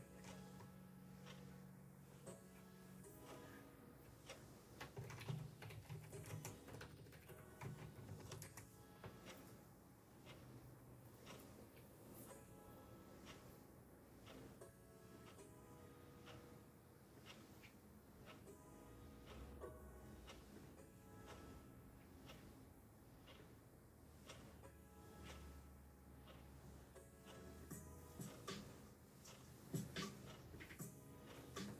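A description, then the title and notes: A mellow lofi K-pop instrumental plays steadily, its low bass notes shifting every few seconds and dropping deeper around the twenty-second mark. Over it, quick keyboard clicks and ticking come in frequent, irregular bursts, with a few sharper taps near the end. Ticking clock, keyboard, lofi music, kpop instr.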